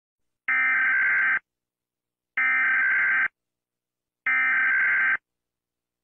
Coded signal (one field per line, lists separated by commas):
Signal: Emergency Alert System (SAME) tones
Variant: header bursts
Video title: Misiles nucleares en Chile | EAS Scenario